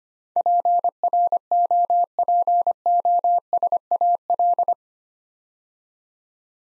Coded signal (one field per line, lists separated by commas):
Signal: Morse code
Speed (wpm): 25 wpm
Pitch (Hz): 700 Hz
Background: none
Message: PROPOSAL